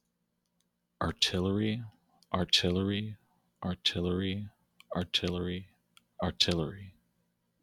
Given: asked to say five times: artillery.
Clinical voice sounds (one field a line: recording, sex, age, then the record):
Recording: repeated word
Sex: male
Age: 30 to 39 years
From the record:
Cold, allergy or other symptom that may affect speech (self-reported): no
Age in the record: 33 years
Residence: Florida, United States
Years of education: 15